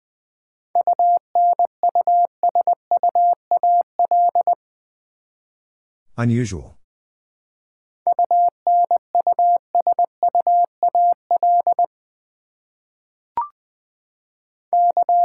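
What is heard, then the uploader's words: Morse code tapped out as a steady mid-pitched tone, switching on and off in quick dots and dashes in bursts from about 1 to 4.5 seconds, 8 to 12 seconds, and again at the end. A short rough noise breaks in near 6 seconds, and a brief click sounds around 13.5 seconds. Seven Letter Words - 20wpm. First, the word is sent in Morse code.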